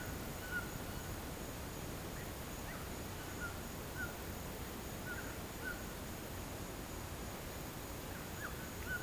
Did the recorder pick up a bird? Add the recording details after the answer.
yes. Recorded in pastures near Puerto Asís, Putumayo, Colombia, on 21 March 2025 at 13:30. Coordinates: 0.472, -76.329. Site G074